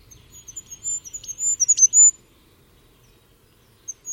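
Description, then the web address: Bird calls, a short burst of very high, thin chirps and sharp ticks over about two seconds, then near silence with two brief chirps at the end. "birddata Deverinetal 2025"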